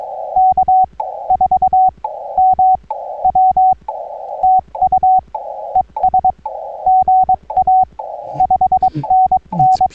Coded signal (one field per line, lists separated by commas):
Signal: Morse code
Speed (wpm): 23 wpm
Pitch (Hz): 750 Hz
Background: radio noise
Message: K4MW TU ES GA 5NN